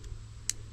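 A slider button on the outside of a plastic key fob case for a 2022 Toyota Tundra is pushed, releasing the key blade smoothly after the fix. A faint click sounds at 0.0 s and a sharp, bright click at 0.5 s as the key blade releases.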